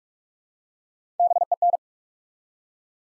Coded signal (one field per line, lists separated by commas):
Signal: Morse code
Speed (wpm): 44 wpm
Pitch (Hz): 700 Hz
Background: none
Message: BEN